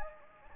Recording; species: mosquito wingbeat signal from an infrared sensor; Anopheles gambiae